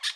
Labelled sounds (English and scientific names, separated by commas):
Brown-throated Parakeet (Eupsittula pertinax) contact call